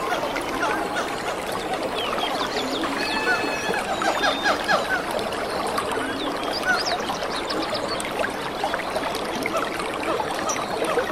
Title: The pure stream and lovely birds in the rainy forest